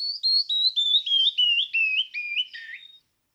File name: Canyon wren